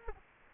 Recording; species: mosquito wingbeat signal from an infrared sensor; Culex quinquefasciatus